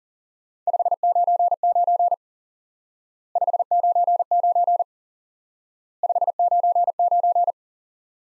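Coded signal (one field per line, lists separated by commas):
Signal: Morse code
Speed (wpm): 40 wpm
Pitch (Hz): 700 Hz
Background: none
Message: 599 599 599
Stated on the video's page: Morse lesson drilling the QSO element 599 repeated, for instant word recognition practice.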